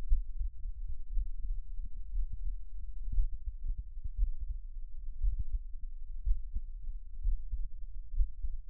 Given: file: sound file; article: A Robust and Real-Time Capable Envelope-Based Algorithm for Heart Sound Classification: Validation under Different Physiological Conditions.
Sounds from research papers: heart sounds by electronic stethoscope; rest; deep; sitting; Erb’s point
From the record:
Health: healthy, no known heart disease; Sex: male

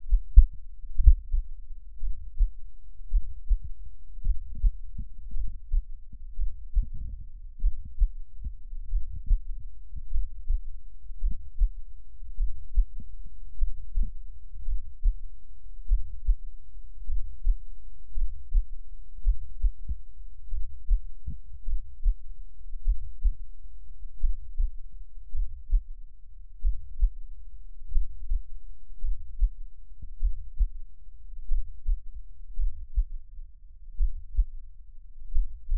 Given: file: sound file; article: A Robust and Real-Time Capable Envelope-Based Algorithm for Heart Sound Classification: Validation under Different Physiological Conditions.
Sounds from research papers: heart sounds by electronic stethoscope; rest; normal; lying on right side; Erb’s point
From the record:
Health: healthy, no known heart disease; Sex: male

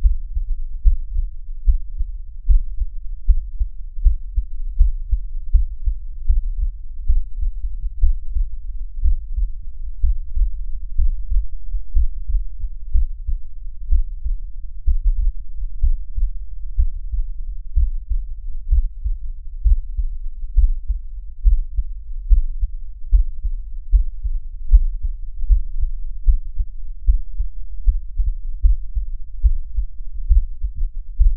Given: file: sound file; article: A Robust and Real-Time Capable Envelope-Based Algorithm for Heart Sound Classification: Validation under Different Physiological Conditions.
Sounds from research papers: heart sounds by electronic stethoscope; rest; deep; sitting; Erb’s point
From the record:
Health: healthy, no known heart disease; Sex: male

